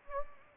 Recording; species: mosquito wingbeat signal from an infrared sensor; Anopheles gambiae